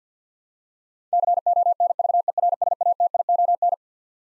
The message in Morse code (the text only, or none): CONVERSATION